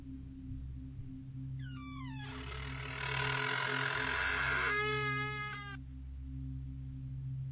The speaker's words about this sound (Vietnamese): Bỗng nhiên, giữa nửa đêm trời đất tăm tối, ngôi nhà nhỏ đã hoàn toàn bị nhốt chừng bởi màn đêm xung quanh. Không hề có một chút ánh sáng nào, thế nhưng lại vang lên tiếng kẽo kẹt cửa.